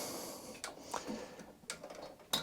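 The rubber cap on the HT lead is pushed down onto the spark plug terminal of an Allett Kensington FJ100 mower's Kawasaki engine, with soft handling noises and a few sharp taps at about 0.6, 1.0 and 1.7 seconds. A crisp, loud click at 2.3 seconds marks the cap snapping on, and it is seated.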